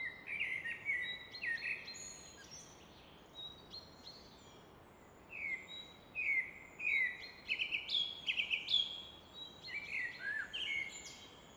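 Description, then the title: Common nightingale singing varied phrases of whistles and quick repeated elements changing pitch, over constant rushing water-like noise. Evening in Fläsch, Switzerland; rushing of the Rhine reflected off a rock face in the background; recorded with Fostex FR2 and MKH 800. "Fläsch, Schweiz - Abendstimmung Nachtigall"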